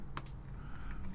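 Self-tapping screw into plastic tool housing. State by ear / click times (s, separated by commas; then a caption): seated / 0.2 s. A self-tapping screw is turned backwards in the plastic housing of a broken Hakko FR-300 desoldering gun until it drops into the start of the original thread, then driven forward. A sharp, bright click at 0.2 s marks the screw seating into the original thread, followed by a fainter tick and a low steady hum. The screw has caught the original thread.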